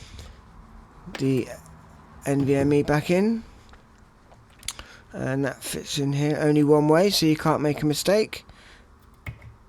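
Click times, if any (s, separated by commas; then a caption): 9.3 s. Someone talks while fitting an NVMe SSD, which goes in only one way, into the M.2 slot inside a Sonnettech Echo 20 SuperDock Thunderbolt docking station, with a few faint taps along the way. A sharp click at 9.3 s marks the SSD seating in the slot.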